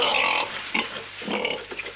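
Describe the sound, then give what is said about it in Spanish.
A recorded pig sound effect is played: a pig oinks and grunts in a rapid burst of nasal snorts, loudest at the start and trailing into shorter squealing grunts, with no voices. “No, este cuento no tiene chanchos.”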